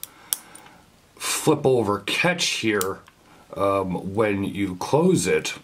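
A flip-over safety catch on a metal watch bracelet deployant clasp is closed, giving a sharp metallic snap at 0.3 s, with a faint tick just before it. The catch snaps shut and is seated, and then someone talks.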